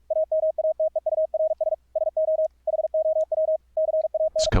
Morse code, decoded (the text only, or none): AMATEURS SO HOW CAN